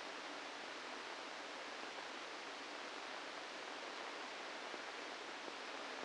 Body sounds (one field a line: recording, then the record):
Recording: brain microelectrode recording played as sound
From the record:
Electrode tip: inside the subthalamic nucleus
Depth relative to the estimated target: 0 mm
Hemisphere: right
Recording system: NeuroSet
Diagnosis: Parkinson's disease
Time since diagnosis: 8 years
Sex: male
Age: 65 years